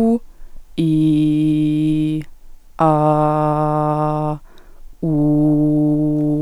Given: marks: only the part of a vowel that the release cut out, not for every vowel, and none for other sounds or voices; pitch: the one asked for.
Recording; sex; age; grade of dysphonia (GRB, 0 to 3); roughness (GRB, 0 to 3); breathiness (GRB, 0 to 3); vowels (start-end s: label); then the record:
sustained vowels; female; 20 to 29 years; 1; 0; 0
0.84-1.47 s: vowel /i/, low pitch
3.61-4.18 s: vowel /a/, low pitch
5.40-6.12 s: vowel /u/, low pitch
From the record:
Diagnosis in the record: healthy voice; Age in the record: 23 years